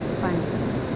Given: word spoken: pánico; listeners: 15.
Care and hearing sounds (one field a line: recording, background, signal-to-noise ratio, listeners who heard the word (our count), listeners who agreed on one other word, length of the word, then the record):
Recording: one Spanish word in noise, from a listening test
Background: speech-shaped noise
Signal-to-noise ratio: -4.2 dB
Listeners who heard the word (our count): 4 of 15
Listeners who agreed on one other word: 8 of 15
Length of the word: 0.56 s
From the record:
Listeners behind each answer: 8, 4, 2, 1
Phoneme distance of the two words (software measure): 21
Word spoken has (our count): 3 syllables, 6 phonemes, stress on syllable 1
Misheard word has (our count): 1 syllable, 3 phonemes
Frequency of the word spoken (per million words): 15.20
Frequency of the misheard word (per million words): 77.24